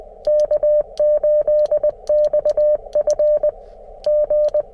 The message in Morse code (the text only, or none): K8XF G